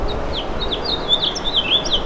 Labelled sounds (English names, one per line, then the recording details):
House Finch song
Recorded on Long Island, New York, on 27 June 2012
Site BE
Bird A